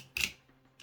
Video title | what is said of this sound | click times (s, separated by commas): Transformers THROWBACK Review- TLK Voyager Class Nitro | I'm gonna fold the hand out and then this cannon you're gonna extend it until you've got a click | 0.2 s